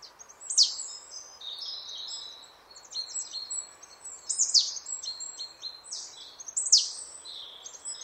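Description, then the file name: Marsh tit calling busily, with sharp downslurred high notes mixed with rapid buzzy, chattering phrases, nearly continuous throughout against a soft steady hum. "Poecile palustris"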